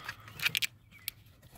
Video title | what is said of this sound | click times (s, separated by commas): Installing a Trailer Brake Controller - 2018 Silverado | until you hear a click that means it's locked in that part | 0.6 s, 1.1 s